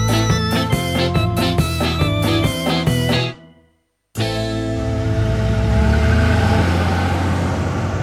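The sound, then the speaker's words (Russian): Rhythmic, pulsing tonal bursts stop abruptly for a second of silence, then a steady, loud wash of street traffic follows, with engines droning and cars rushing past continuously as pedestrians run across the street dodging them. “стал разглядывать пешеходов, которые перебегали улицу, ловко увиливая от автомобилей.”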